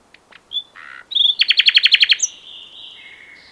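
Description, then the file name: Common nightingale song: short whistles and a buzzy note, then a rhythmic burst of loud repeated notes, ending in soft drawn-out tones. "Luscinia megarhynchos"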